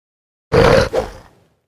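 Bear giving a short, rough, low grunting growl, followed at once by a softer second grunt that fades out, lasting about one second in all.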